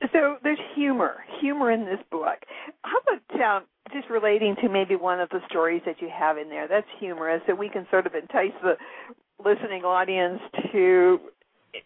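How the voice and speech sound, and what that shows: A woman speaks fluently in a moderate, mid-pitched voice with natural rise and fall, asking a guest to share a funny story from his book. Articulation is clear and voice quality is smooth, with ordinary phrasing pauses. Typical adult speech.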